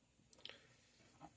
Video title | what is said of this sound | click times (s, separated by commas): Making A Pot Of Corned Beef - Simple and Delicious | very open uh important I heard that click just now so I want to turn you heard that | 0.3 s, 0.5 s